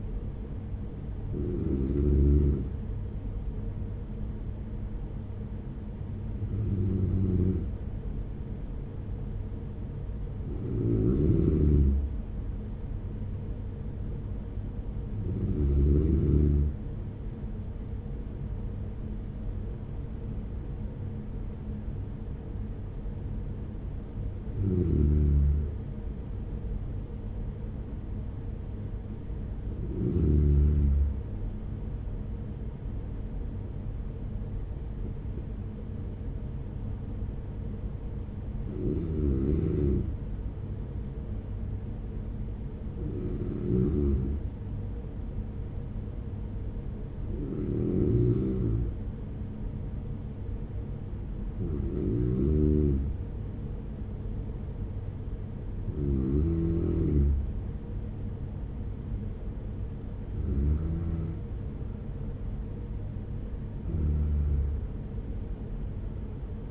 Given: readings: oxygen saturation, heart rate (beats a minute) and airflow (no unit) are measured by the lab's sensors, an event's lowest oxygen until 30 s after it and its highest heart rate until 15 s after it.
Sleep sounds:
breathing in sleep by a smartphone at the bedside; none
none scored
From the record:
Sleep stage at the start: N2 (light sleep); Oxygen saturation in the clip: 95 to 96%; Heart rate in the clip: 46 to 53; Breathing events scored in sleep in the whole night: 210 in 6.9 hours asleep

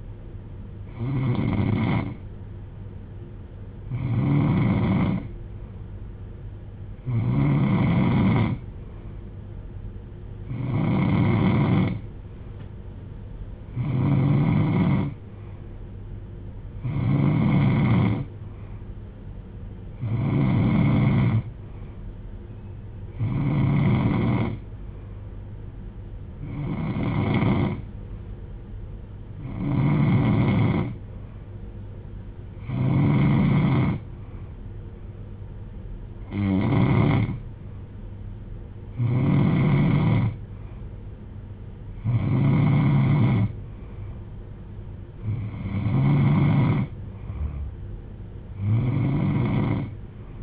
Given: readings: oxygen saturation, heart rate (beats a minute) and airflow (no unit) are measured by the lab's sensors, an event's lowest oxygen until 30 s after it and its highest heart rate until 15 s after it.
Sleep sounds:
breathing in sleep by a smartphone at the bedside; none
none scored
From the record:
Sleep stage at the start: N3 (deep sleep); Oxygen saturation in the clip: 91 to 93%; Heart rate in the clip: 62 to 73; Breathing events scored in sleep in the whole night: 310 in 8.1 hours asleep

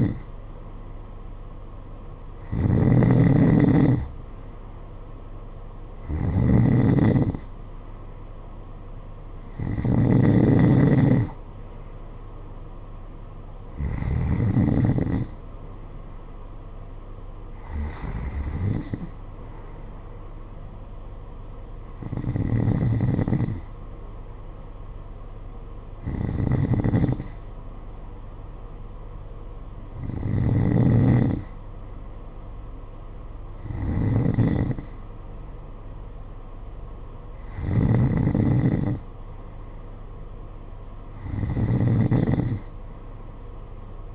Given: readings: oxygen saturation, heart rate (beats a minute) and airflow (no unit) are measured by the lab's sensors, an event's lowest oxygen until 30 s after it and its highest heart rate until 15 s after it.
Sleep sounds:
breathing in sleep by a smartphone at the bedside; none
none scored
From the record:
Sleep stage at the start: N2 (light sleep); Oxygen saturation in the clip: 91 to 92%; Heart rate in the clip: 51 to 56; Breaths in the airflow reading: 12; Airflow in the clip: -8.8 to 8.9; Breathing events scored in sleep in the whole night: 476 in 9.7 hours asleep

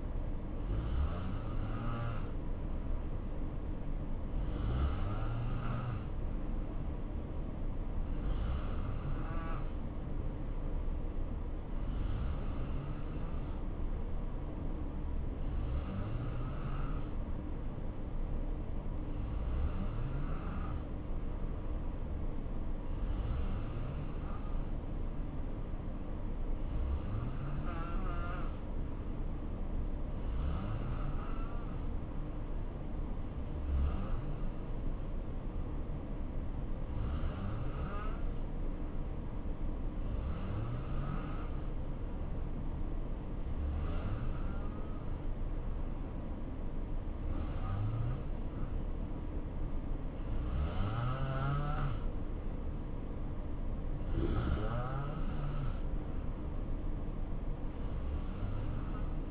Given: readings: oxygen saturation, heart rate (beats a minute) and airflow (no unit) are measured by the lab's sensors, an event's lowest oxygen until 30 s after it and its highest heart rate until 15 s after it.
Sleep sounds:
breathing in sleep by a smartphone at the bedside; 1
8.00-53.20 s: hypopnea (N1, oxygen 91% highest, then 86% lowest, heart rate 69 at the start, 71 highest)
13.00-59.30 s: new sleep stage, N2 (light sleep)
From the record:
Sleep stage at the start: N1 (lightest sleep); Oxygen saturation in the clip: 88 to 91%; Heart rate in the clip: 62 to 71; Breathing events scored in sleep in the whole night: 277 in 7.4 hours asleep

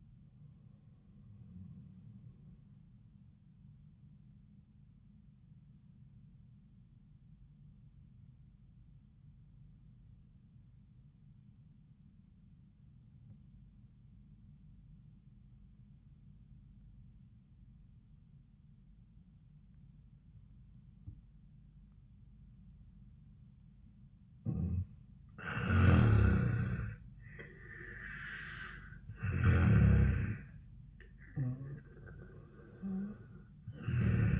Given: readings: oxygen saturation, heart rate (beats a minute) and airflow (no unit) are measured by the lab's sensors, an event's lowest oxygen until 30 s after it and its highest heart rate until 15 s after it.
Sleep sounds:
breathing in sleep by a smartphone at the bedside; 1
6.00-26.10 s: obstructive apnea (N1, oxygen 97% highest, then 84% lowest)
8.00-34.40 s: new sleep stage, N2 (light sleep)
From the record:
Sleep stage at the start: N1 (lightest sleep); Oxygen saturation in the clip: 87 to 97%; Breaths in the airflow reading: 2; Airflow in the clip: -12.7 to 7.1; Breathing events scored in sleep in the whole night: 400 in 8.7 hours asleep

